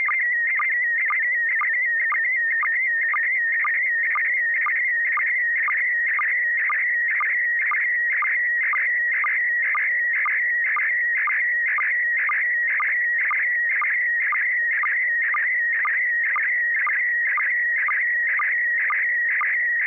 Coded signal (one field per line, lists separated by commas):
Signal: SSTV (slow-scan television)